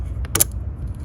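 The larger EVAP hose's quick-connect coupling on a Chrysler Pacifica is fed down onto the port of the new purge control valve and pushed on until it clicks. A faint tick comes first, then a sharp, bright click at 0.4 seconds (0.36) with a second snap right behind it, over a low steady rumble. The coupling is seated on the valve port.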